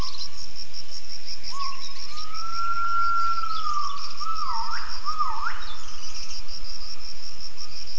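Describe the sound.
Gibbon whistled call: a long, steady, gently arching note, then two quick sharply rising and falling whoops, over a continuous high pulsing background sound.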